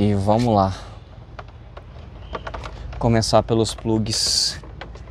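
Someone talks while a wiring connector is handled near its mating connector during reassembly of the fairing on a Versys 650 motorcycle, with short, sharp plastic taps and clicks of handling between the speech. Nothing has seated or clicked home yet.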